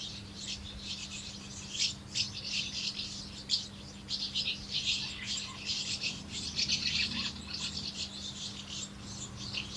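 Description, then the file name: House martin calls: continuous scratchy, high-pitched twittering, steady and busy for the whole stretch. "molnárfecske-hangja"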